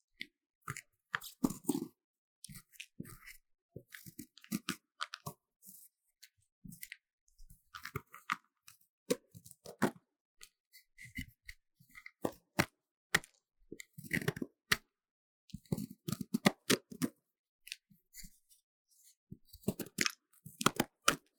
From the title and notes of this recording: Relaxing Scrape Magnesium Powder Block | NoTalking.